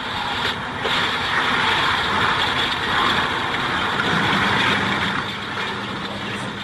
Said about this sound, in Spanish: veo que lentamente el crucero se desliza hacia popa y sin hacer vuelta en campana y sin irse a pique, sin llevarse las balsas que tenía cerca, desaparece de la superficie. Escucha a bordo del Conqueror, grabó el ruido mortal del Belgrano.